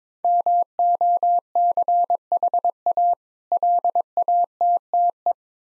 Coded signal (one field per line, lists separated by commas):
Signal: Morse code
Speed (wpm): 22 wpm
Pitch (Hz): 700 Hz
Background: none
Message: MOCHA LATTE